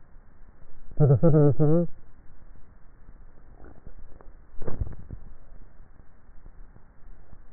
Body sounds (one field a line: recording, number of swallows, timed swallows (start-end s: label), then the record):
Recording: swallowing sounds by neck microphone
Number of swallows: 1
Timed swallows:
4.65-5.42 s: swallow
From the record:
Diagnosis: dysphagia